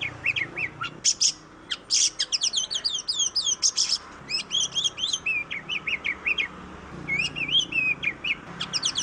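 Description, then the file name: Oriental magpie-robin song of fast repeated chirps, buzzy rattles and looping whistled notes, delivered in dense phrases with brief gaps. Tutor (masteran) song in the tembakan style. "kacer masteran tembakan"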